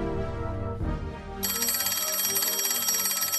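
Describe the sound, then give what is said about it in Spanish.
After a brief low, muffled rumble, a telephone bell bursts in and rings without pause, a bright, shrill metallic trill holding loud and steady to the end. “El compañero Altamirano al teléfono.”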